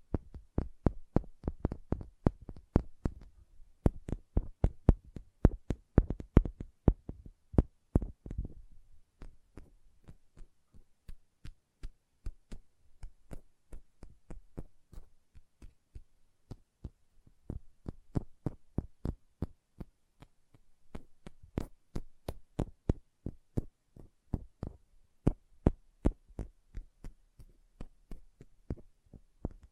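Quick, sharp nail taps come in dense bursts, loudest and most crowded through the first nine seconds, then lighter and more spaced before picking up again near twenty seconds. A low, soft thump sits under many taps, and faint rustling fills the gaps.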